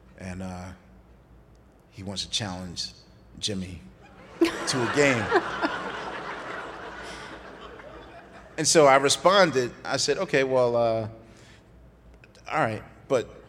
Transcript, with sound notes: and he wants to challenge Jimmy to a game.
(LAUGHTER)
And so I responded. I said, OK, well, all right,